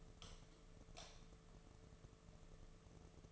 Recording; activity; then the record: daily activity, microphone in the room; light off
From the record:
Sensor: 4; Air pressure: 1015.6 hPa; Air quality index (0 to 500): 182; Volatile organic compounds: 8 ppm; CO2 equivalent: 2095 ppm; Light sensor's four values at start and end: 23/56/24/26 and 22/53/23/24